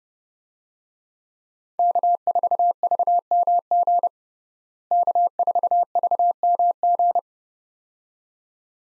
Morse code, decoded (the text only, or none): K4VMG K4VMG